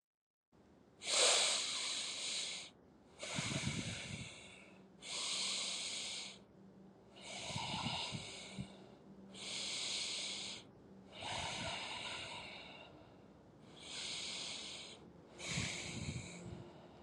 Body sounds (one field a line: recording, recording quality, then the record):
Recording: deep breathing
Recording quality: excellent, no background noise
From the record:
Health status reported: healthy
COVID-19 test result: negative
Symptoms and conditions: cough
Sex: male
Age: 22 years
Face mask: not worn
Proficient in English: yes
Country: India